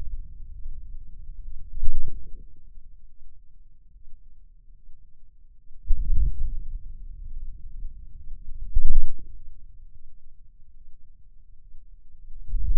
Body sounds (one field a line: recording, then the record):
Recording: forearm muscle sounds (acoustic myography)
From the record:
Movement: wrist flexion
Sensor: system 2, bracelet of six BSWA MPA416 microphones around the upper forearm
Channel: 5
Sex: male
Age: 22 years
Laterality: right